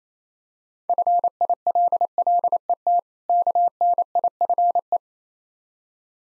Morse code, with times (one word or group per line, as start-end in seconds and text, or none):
0.9-3.0 FILLET
3.3-5.0 KNIFE